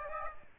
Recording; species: mosquito wingbeat signal from an infrared sensor; Aedes aegypti